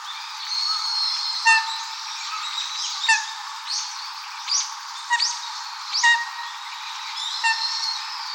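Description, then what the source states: Eurasian coot uttering clipped, nasal calls, several in a loose series, with a steady background of whistles and chirps from other birds. Recorded 25 November 2015.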